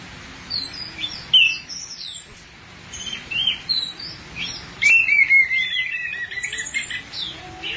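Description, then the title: Thrush song of varied high phrases, including a trilled run midway. "burung anis x"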